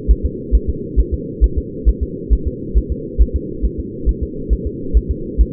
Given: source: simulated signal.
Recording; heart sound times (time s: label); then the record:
fetal heart sounds
0.11 s: S1
0.25 s: S2
0.55 s: S1
0.70 s: S2
1.00 s: S1
1.14 s: S2
1.44 s: S1
1.58 s: S2
1.89 s: S1
2.03 s: S2
2.33 s: S1
2.47 s: S2
2.78 s: S1
2.92 s: S2
3.22 s: S1
3.36 s: S2
3.65 s: S1
3.80 s: S2
4.09 s: S1
4.23 s: S2
4.53 s: S1
4.67 s: S2
4.97 s: S1
5.11 s: S2
5.41 s: S1
From the record:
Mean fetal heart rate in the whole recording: 135 bpm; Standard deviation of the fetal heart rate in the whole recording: 3 bpm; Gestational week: 34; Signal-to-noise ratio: -4.3 dB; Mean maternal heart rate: 72 bpm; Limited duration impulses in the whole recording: absent